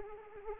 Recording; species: mosquito wingbeat signal from an infrared sensor; Anopheles arabiensis